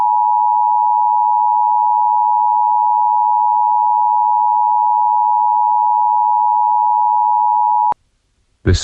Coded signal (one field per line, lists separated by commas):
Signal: Emergency Alert System (SAME) tones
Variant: 853 and 960 Hz attention tone